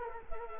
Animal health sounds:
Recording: mosquito wingbeat signal from an infrared sensor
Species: Culex quinquefasciatus

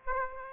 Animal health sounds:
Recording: mosquito wingbeat signal from an infrared sensor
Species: Aedes aegypti

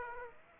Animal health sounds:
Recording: mosquito wingbeat signal from an infrared sensor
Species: Aedes aegypti

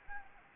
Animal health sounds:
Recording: mosquito wingbeat signal from an infrared sensor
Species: Anopheles gambiae

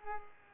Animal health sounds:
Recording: mosquito wingbeat signal from an infrared sensor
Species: Culex pipiens

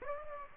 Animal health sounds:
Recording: mosquito wingbeat signal from an infrared sensor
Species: Aedes aegypti

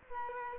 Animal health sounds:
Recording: mosquito wingbeat signal from an infrared sensor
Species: Culex quinquefasciatus

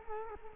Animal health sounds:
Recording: mosquito wingbeat signal from an infrared sensor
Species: Culex quinquefasciatus

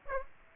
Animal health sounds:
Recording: mosquito wingbeat signal from an infrared sensor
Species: Aedes aegypti

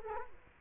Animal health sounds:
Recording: mosquito wingbeat signal from an infrared sensor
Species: Culex quinquefasciatus

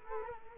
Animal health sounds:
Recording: mosquito wingbeat signal from an infrared sensor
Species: Culex quinquefasciatus

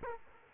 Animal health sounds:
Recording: mosquito wingbeat signal from an infrared sensor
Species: Aedes aegypti

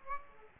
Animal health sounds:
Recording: mosquito wingbeat signal from an infrared sensor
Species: Aedes aegypti

